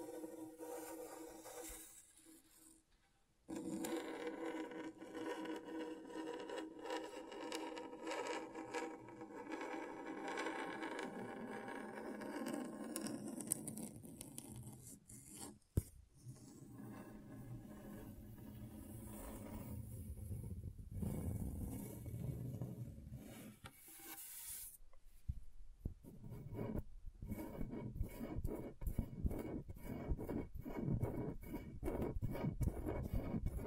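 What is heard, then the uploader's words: Scratching on a scratchboard, a dry scraping and rubbing that runs almost without a break through most of the clip. A short silence falls near the start. Toward the end the strokes turn into fast, regular bursts of rasping, each one bright and sharp. ASMR Brain Tingling Scratchboard (No Talking).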